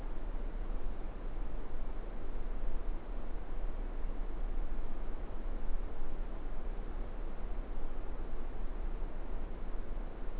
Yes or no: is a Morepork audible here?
no